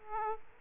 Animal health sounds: mosquito wingbeat signal from an infrared sensor; Aedes aegypti

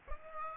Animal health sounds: mosquito wingbeat signal from an infrared sensor; Aedes aegypti

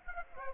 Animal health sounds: mosquito wingbeat signal from an infrared sensor; Aedes aegypti

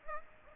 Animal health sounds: mosquito wingbeat signal from an infrared sensor; Aedes aegypti

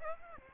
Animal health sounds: mosquito wingbeat signal from an infrared sensor; Aedes aegypti

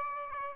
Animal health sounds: mosquito wingbeat signal from an infrared sensor; Aedes aegypti

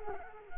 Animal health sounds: mosquito wingbeat signal from an infrared sensor; Culex quinquefasciatus

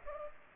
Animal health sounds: mosquito wingbeat signal from an infrared sensor; Culex pipiens

